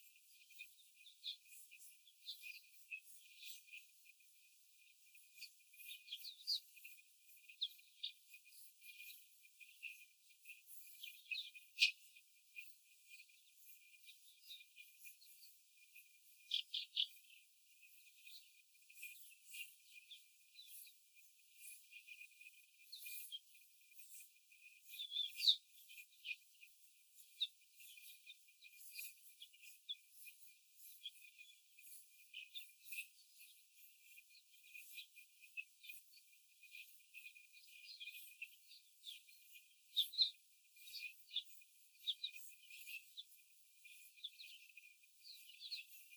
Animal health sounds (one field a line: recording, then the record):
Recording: young laying hens in a cage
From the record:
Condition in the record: after the stressor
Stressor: simulated dog barking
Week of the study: 4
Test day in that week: 1